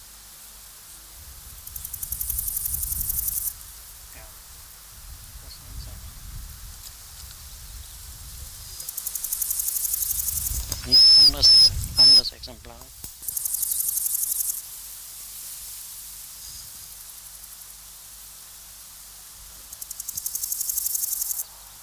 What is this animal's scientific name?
Chrysochraon dispar